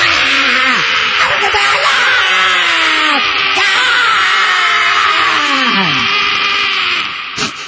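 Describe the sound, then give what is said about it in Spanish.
A crowd of female fans screams hysterically and nonstop in 36 °C heat, a dense wall of high-pitched shrieking that stays loud throughout, with a few wavering cries rising and falling above the roar. “¿Qué gritan las fanáticas en esos momentos? Siempre lo mismo.”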